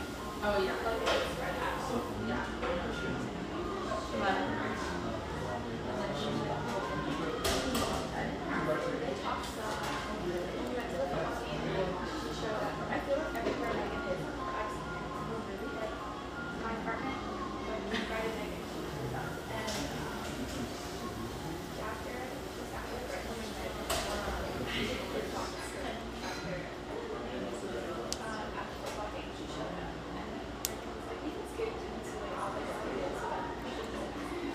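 Coffeehouse ambience with a steady, dense murmur of overlapping voices throughout. Frequent short clinks and clatters of cups and dishes pop out every few seconds, over a soft low hum and faint mellow music sitting beneath the chatter.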